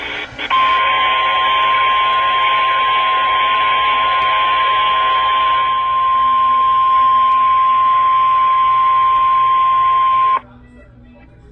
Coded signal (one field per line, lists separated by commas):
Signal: Emergency Alert System (SAME) tones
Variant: 1050 Hz attention tone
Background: speech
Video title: emergency alert system during spongebob squarepants squidward suicide